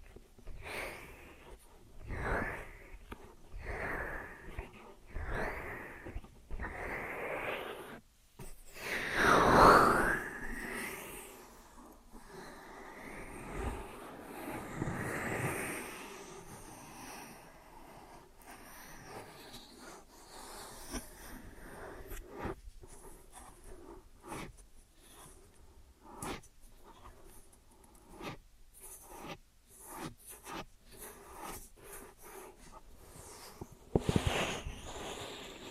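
An ear and scalp massage with cleaning: soft rubbing and scratching sounds come in short strokes, some regular and rhythmic in the first few seconds. A louder rushing swell around ten seconds and a brighter scrape near the end stand out over quieter, sparse brushing.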